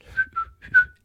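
About four quick, high-pitched whistles within a second from an adult man with Tourette's: an involuntary whistling vocal tic. It is preceded by a feeling in the back of the head, comes from muscles he cannot control even when he tries, and he has lived with it since growing up.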